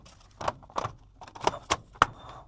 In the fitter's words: fine locked into place